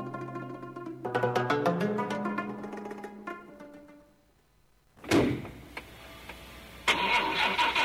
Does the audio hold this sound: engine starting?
yes